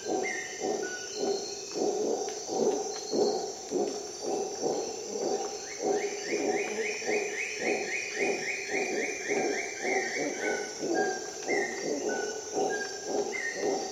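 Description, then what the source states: Howler monkey keeping up a steady rhythm of gruff pulses while birds whistle short notes and a rapid chattering series, with insects droning high above. At dawn in a Costa Rica jungle, during an expedition.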